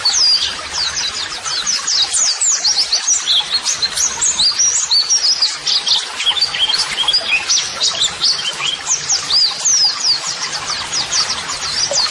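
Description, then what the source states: White-eye song with a busy, continuous chatter of very high, thin notes and quick downward-sweeping chirps. Pleci singing actively ('gacor'), offered as a 'masteran' model song for training birds to answer, and as 'audio terapi'.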